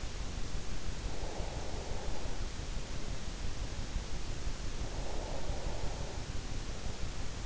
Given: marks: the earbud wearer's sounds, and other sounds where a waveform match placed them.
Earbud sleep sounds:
sounds in sleep by an in-ear microphone; breath
1.19-2.78 s: breath
4.68-6.43 s: breath

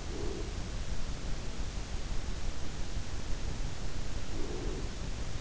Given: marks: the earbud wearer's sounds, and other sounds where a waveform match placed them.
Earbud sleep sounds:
sounds in sleep by an in-ear microphone; breath
0.00-0.91 s: breath
4.21-5.35 s: breath

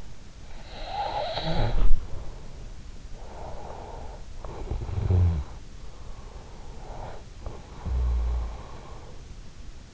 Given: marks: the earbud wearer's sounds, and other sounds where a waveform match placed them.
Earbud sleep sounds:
sounds in sleep by an in-ear microphone; snoring breath
0.00-2.57 s: snoring breath
3.31-6.12 s: snoring breath
6.92-9.37 s: snoring breath

